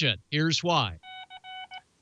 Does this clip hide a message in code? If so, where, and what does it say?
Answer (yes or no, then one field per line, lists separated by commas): no